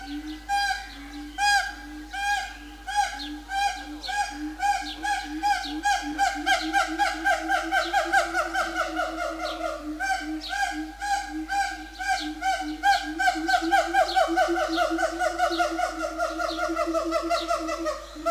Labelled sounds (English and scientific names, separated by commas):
Siamang (Symphalangus syndactylus)